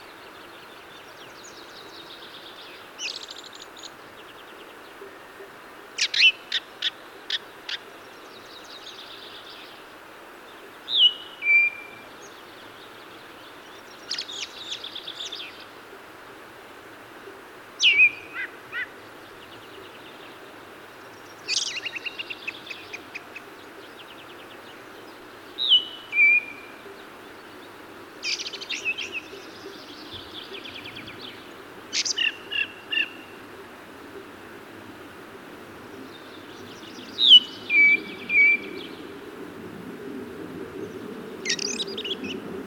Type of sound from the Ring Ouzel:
song